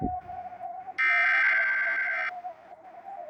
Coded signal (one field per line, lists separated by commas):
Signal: Emergency Alert System (SAME) tones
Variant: header bursts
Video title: EMERGENCY ALERT SYSTEM